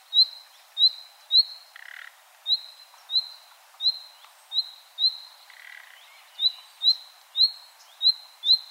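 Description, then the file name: Common nightingale repeating clear rising whistle notes in a quick series, interrupted twice by a short grating rasp. "Luscinia megarhynchos"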